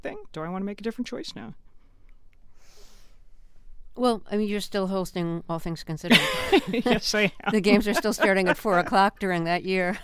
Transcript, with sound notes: Do I want to make a different choice now?
Well, I mean, you're still hosting All Things Considered.
(Laughter) Yes, I am.
The games are still starting at during that year.